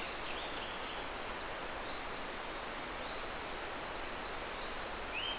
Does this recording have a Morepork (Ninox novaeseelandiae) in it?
no